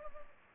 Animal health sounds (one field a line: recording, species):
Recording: mosquito wingbeat signal from an infrared sensor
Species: Culex pipiens